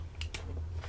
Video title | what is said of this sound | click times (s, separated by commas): XPPen Artist Pro 14 Generation 2 review by an Illustrator | slides in you can hear the click | 0.2 s, 0.3 s